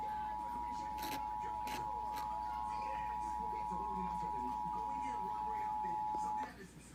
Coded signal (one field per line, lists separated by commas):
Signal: Emergency Alert System (SAME) tones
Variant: 853 and 960 Hz attention tone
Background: speech